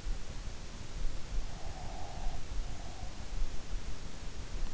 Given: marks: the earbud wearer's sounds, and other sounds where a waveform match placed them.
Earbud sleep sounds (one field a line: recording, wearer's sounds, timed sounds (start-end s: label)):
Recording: sounds in sleep by an in-ear microphone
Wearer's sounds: breath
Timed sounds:
1.47-3.35 s: breath